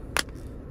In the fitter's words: squish it you hear it click